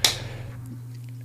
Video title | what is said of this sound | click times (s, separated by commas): 3 cases + 1 screen protector to buy for Samsung Galaxy Z Fold 6 under $10 | so you can lock this into place | 0.0 s